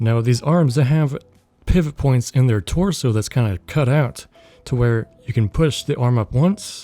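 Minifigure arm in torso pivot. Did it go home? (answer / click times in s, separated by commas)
no / none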